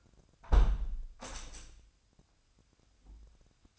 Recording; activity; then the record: daily activity, microphone in the room; close window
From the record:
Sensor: 2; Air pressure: 997.8 hPa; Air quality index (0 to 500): 154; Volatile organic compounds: 5 ppm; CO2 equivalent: 1736 ppm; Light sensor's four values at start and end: 11/32/13/12 and 11/32/13/13